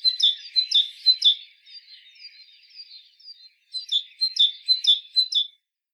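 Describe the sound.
Great tit calls: quick bursts of sharp high chirps, a softer interlude, then a second burst of rapid notes before silence.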